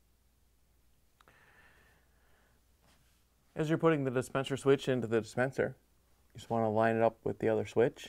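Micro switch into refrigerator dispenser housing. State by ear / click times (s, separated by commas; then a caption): not seated / none. A Samsung 3405-001123 micro switch is held with its terminals facing out and lined up with the other switch before being pushed into the refrigerator dispenser housing, so the wires go in the right place. Faint handling taps sound around 1.2–1.3 s, then someone talks from about 3.6 s to the end. The switch has not yet been pushed in or clicked into place.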